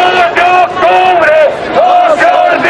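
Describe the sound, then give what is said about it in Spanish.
A large crowd of students, survivors and citizens marching through the streets of Mexico City to commemorate the 50th anniversary of the Tlatelolco massacre chants the historic protest slogan in unison, loud voices rising and falling in a steady rhythmic pattern of repeated phrases with shouted, sustained syllables. “Estudiantes de facultades y escuelas públicas, sobrevivientes y ciudadanos gritaron la consigna histórica.”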